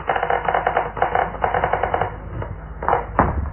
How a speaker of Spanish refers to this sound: Jorvis llegó hasta la puerta que conducía a la tumba y nerviosamente empujó las pesadas hojas, haciendo crujir los goznes.